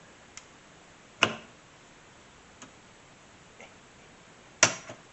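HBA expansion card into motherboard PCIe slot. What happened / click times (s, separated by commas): The card seated firmly in its slot / 4.6 s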